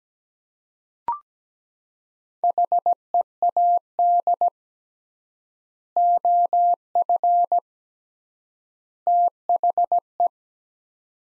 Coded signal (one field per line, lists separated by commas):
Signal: Morse code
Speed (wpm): 17 wpm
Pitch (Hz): 700 Hz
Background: none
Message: HEAD OF THE